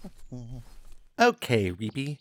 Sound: grass walking; Daytime Ambi